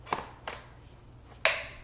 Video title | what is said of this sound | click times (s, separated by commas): Shark IonFlex Review: Put to the Test! | and this is supposed to click into that here's | 1.5 s